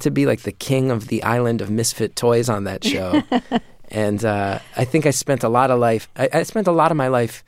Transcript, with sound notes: I get to be, like, the king of the island of misfit toys on that show. (Laughter) And I think I spent a lot of life - I spent a lot of my life,